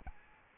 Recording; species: mosquito wingbeat signal from an infrared sensor; Aedes albopictus